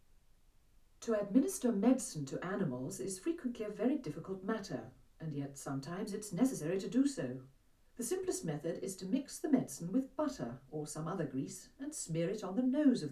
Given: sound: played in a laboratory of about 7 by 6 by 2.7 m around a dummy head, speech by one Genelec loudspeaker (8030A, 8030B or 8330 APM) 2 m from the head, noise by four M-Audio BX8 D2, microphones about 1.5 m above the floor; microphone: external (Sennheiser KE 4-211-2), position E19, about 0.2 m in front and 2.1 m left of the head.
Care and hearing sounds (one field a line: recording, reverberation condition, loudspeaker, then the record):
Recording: female speech in English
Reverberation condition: low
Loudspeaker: 60 degrees to the right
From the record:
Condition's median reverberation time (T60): about 310 ms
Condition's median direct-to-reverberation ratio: about 3.5 dB